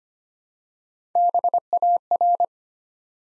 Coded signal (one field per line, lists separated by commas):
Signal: Morse code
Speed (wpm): 25 wpm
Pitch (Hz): 700 Hz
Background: none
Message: BAR